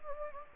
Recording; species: mosquito wingbeat signal from an infrared sensor; Anopheles gambiae